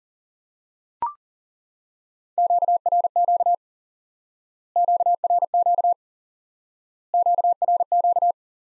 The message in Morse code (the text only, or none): QRQ QRQ QRQ